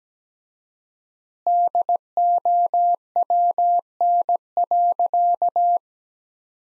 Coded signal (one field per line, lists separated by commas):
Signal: Morse code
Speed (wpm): 17 wpm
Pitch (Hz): 700 Hz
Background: none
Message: DOWN.